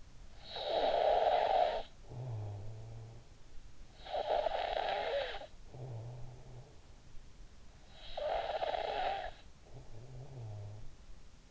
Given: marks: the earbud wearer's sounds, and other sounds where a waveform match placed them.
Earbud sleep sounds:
sounds in sleep by an in-ear microphone; snoring breath
0.00-3.40 s: snoring breath
3.85-7.25 s: snoring breath
7.65-11.51 s: snoring breath

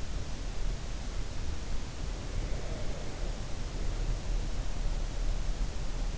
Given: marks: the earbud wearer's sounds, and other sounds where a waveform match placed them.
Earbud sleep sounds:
sounds in sleep by an in-ear microphone; breath
1.96-5.42 s: breath

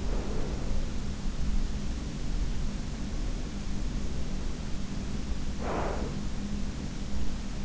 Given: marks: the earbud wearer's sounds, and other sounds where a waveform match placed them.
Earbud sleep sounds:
sounds in sleep by an in-ear microphone; breath
0.00-0.84 s: breath
4.43-7.44 s: breath

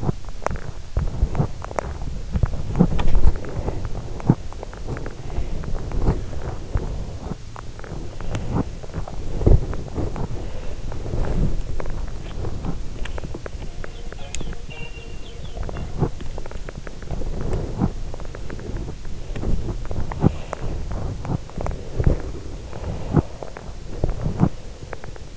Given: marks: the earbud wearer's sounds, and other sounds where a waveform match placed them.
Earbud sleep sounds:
sounds in sleep by an in-ear microphone; body movement, breath
0.00-13.59 s: body movement
5.19-5.58 s: breath
6.11-6.41 s: breath
10.35-10.78 s: breath
13.58-16.07 s: sound from someone else or the room
16.08-20.11 s: body movement
20.16-20.52 s: breath
20.52-25.36 s: body movement

